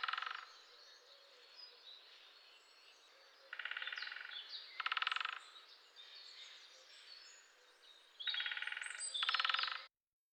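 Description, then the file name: Great spotted woodpecker drumming in several quick rattling bursts, two pairs close together, with background birdsong and outdoor hiss. "grote bonte specht"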